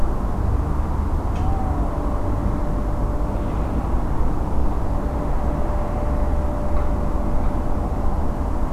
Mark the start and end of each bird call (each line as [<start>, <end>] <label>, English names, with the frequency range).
[1.32, 2.02] Tawny Owl (0.6-0.8 kHz)